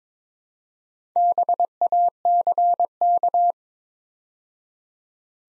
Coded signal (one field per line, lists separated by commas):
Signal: Morse code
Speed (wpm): 22 wpm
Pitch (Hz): 700 Hz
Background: none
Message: BACK